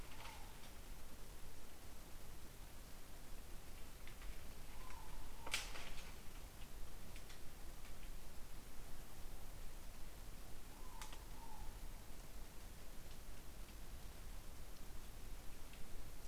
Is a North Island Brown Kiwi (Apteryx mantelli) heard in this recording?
no